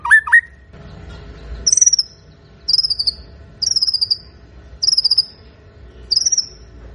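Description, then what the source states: White-rumped shama song: a low whistled phrase, then bright descending whistles repeated about once a second. Actively singing bird used as a lure to provoke a response from other birds.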